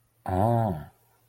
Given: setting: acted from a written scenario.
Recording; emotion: vocal sound without words; interest